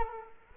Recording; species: mosquito wingbeat signal from an infrared sensor; Culex quinquefasciatus